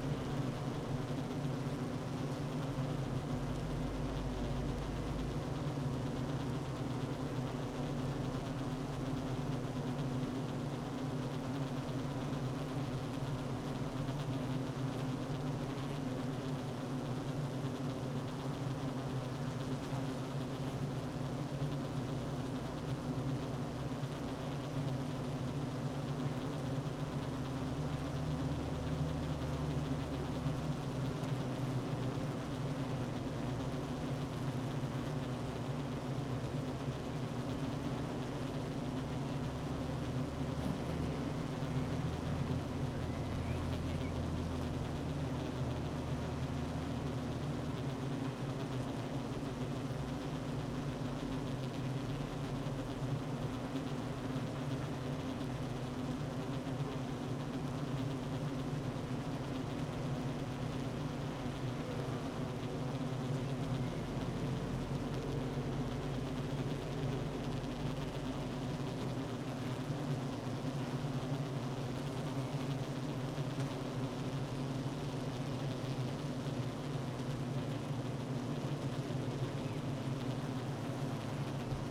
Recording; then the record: honeybee colony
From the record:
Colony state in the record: active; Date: 12 June 2018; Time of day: 9:43